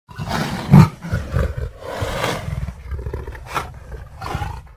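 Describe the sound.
A lion roaring in deep, rough bursts, loudest near the start, followed by further rumbling growls and huffs.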